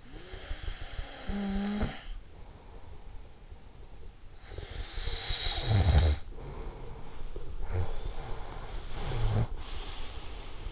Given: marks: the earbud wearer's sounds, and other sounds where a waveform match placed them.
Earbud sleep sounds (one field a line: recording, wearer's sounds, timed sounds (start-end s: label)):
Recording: sounds in sleep by an in-ear microphone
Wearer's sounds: snoring breath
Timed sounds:
0.00-3.18 s: snoring breath
4.29-7.21 s: snoring breath
7.59-10.72 s: snoring breath